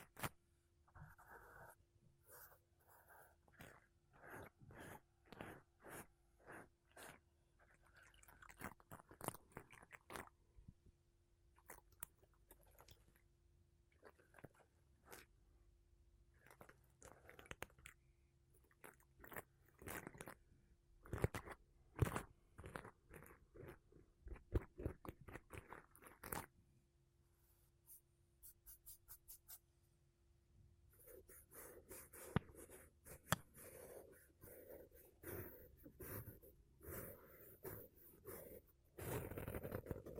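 Makeup brushes and a sponge rub and sweep over a microphone in short, irregular strokes, some soft and hissy, others sharp and crackly. A faint steady hum runs underneath until about 31 seconds, after which the brushing turns denser and louder, ending in a rough burst.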